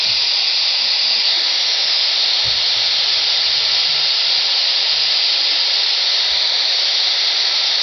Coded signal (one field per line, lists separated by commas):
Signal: FT8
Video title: quansheng uvk5 ssb does work! just not sensitive enough for most ssb voice. but ft8 and cw loud